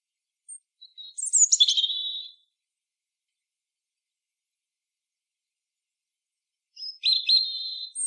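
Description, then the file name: European robin delivering a short, sparkling phrase of high notes ending in a steady whistle, then a long silence before another similar phrase begins. "Erithacus rubecula"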